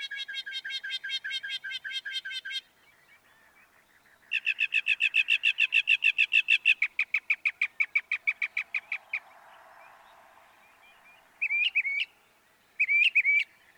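Northern mockingbird song: a fast rattling trill of repeated notes, then a long run of evenly spaced buzzy notes, followed by two short burry phrases.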